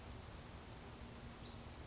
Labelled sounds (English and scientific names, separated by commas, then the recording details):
Western Flycatcher (Empidonax difficilis)
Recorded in Sonoma County, California